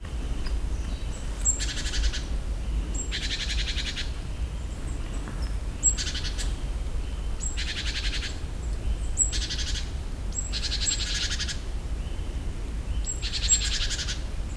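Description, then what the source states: Great tit repeating rasping churr calls, each preceded by a brief high note, over a steady low rumble. Recorded in nature; presented as the bird's other, alternative call.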